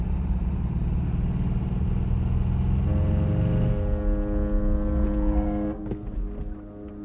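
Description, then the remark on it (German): A car drives toward the harbour of Helsingborg with a steady, low engine rumble that fades after a few seconds, giving way to a sustained droning, horn-like tone that holds and then cuts off near the end. “Sie bleiben im Wagen”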